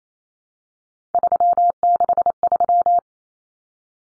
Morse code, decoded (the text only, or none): 363